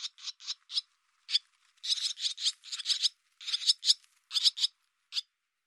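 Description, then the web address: Barn swallow giving rapid, harsh chattering notes in short bursts separated by brief pauses, ending with a single isolated note. "cianscape birddata Deverinetal 2025"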